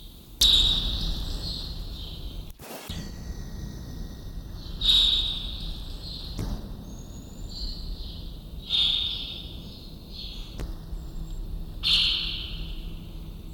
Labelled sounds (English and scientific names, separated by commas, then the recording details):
Rufous Hornero (Furnarius rufus) call
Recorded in captivity
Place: Zoo Berlin, Berlin, DE
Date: 1996-01-06 13:22
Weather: bedeckt, -4°C
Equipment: Sony WM-D6C, Sennheiser ME 80, Kopie Uher 4000 Report Monitor
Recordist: Tembrock, Günter